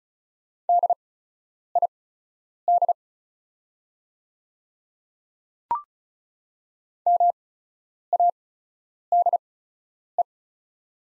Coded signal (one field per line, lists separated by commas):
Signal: Morse code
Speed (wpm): 34 wpm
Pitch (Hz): 700 Hz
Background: none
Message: DID MADE